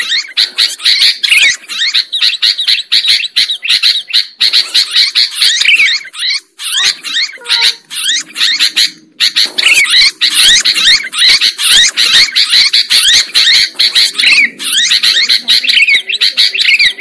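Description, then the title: Lovebird calls: long runs of fast, screechy chatter broken by a few short pauses, then the busy twittering resumes. Lure recording used to attract birds for trapping. "PIKAT BURUNG LOVEBIRD"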